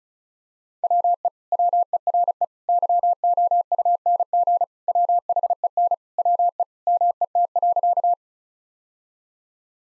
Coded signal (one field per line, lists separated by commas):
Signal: Morse code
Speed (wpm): 36 wpm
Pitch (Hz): 700 Hz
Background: none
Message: WE WERE YOUNG WHEN WE MET.